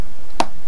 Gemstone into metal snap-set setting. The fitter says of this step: push, and you get that very, very satisfying snap sound.